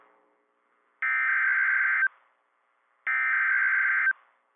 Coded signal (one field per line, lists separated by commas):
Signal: Emergency Alert System (SAME) tones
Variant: header bursts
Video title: MARCH MADNESS - EAS Alerts from 3/15-16/26 (EAS #701 - #725)